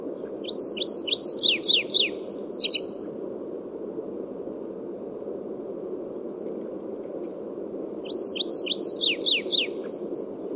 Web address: chestnut bunting bird call